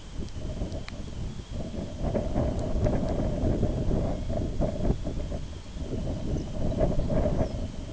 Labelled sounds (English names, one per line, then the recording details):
Lapland Longspur
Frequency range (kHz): Lapland Longspur 3.4-7.1 kHz
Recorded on Arctic tundra, site IGLO-B, on 23 June 2018
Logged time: 11:59